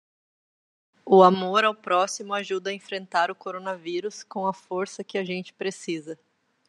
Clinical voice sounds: spoken sentence; Brazilian Portuguese; female; 30 to 39 years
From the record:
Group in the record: control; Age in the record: 35 years

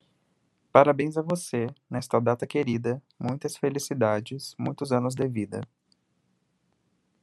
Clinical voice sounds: short text; Brazilian Portuguese; male; 20 to 29 years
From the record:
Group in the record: control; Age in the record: 23 years

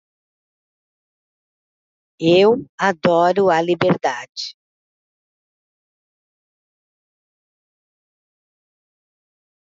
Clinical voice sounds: short text; Brazilian Portuguese; female; 50 to 59 years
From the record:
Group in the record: control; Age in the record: 59 years

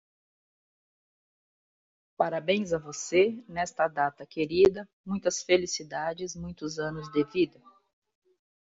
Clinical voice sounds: short text; Brazilian Portuguese; female; 50 to 59 years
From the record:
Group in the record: control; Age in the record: 56 years

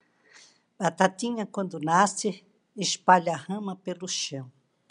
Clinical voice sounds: short text; Brazilian Portuguese; female; 60 to 69 years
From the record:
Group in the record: control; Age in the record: 61 years

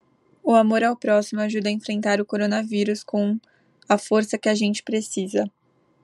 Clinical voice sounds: spoken sentence; Brazilian Portuguese; female; 18 to 19 years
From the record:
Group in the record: control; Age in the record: 18 years

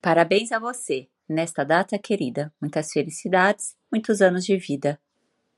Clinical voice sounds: short text; Brazilian Portuguese; female; 40 to 49 years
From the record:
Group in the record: control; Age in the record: 40 years

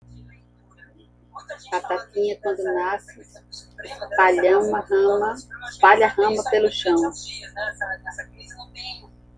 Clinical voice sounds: short text; Brazilian Portuguese; female; 50 to 59 years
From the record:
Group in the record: control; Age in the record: 55 years

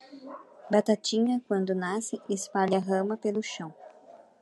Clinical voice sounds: short text; Brazilian Portuguese; female; 40 to 49 years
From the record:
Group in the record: control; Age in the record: 48 years

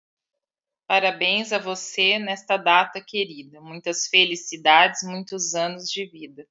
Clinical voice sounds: short text; Brazilian Portuguese; male; 60 to 69 years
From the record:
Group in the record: control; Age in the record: 62 years

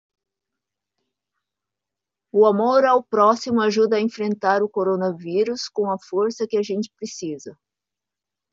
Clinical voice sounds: spoken sentence; Brazilian Portuguese; female; 40 to 49 years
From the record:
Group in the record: control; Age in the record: 47 years

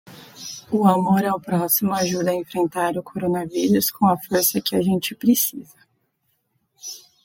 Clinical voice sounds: spoken sentence; Brazilian Portuguese; female; 20 to 29 years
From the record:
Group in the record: control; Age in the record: 27 years

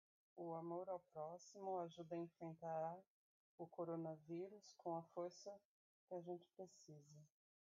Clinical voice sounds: spoken sentence; Brazilian Portuguese; female; 40 to 49 years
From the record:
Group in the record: control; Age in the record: 45 years

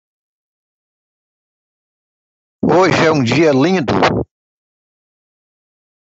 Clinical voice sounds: short text; Brazilian Portuguese; male; 50 to 59 years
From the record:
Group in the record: control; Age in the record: 53 years

